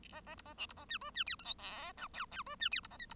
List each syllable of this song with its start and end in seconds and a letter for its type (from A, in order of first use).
0.12-0.21 A, 0.26-0.35 A, 0.37-0.42 B, 0.45-0.54 A, 0.57-0.66 C, 0.69-0.73 B, 0.76-0.86 A, 0.88-0.98 D, 1.01-1.11 E, 1.14-1.24 D, 1.26-1.35 F, 1.39-1.44 G, 1.44-1.54 H, 1.58-1.92 I, 1.97-2.07 J, 2.13-2.25 K, 2.31-2.43 K, 2.46-2.55 E, 2.60-2.69 D, 2.71-2.80 F, 2.83-2.87 B, 2.90-2.97 A, 2.99-3.06 L, 3.09-3.14 B